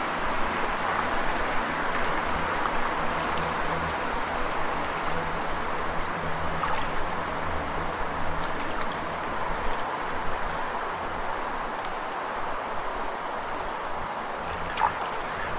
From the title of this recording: Wind, Birds, Water, and Frogs